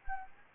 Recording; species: mosquito wingbeat signal from an infrared sensor; Anopheles gambiae